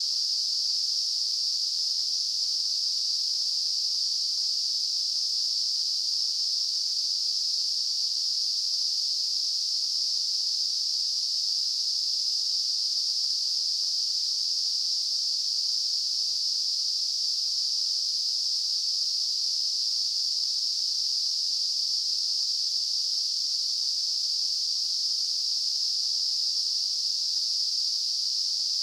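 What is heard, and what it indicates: Simulated tinnitus: a steady, unchanging high-pitched hiss, a narrow band of noise centred around 5 kHz, continuous throughout with no low-frequency content.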